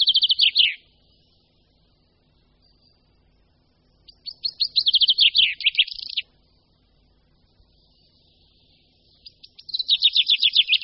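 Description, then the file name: Common chaffinch repeating its song roughly every five seconds, each phrase a quick series of high notes tumbling downward to an end flourish. "Pěnkava obecná"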